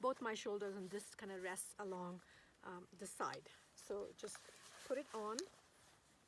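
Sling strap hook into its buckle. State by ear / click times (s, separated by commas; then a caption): not seated / none. Someone talks while putting on a Cotton Carrier SKOUT crossbody camera sling, a side sling that rests along the side while a pack is worn on both shoulders, with faint handling rustle between phrases. The sling strap hook has not yet been hooked back into its buckle, so nothing has clicked or seated yet.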